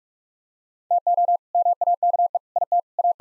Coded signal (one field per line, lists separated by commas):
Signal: Morse code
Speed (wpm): 46 wpm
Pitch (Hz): 700 Hz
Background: none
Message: TO MAKE IT A